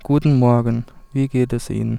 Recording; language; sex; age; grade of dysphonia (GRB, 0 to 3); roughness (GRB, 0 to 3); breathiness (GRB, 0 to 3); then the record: spoken sentence; German; male; 20 to 29 years; 0; 0; 0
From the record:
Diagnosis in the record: healthy voice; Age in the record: 25 years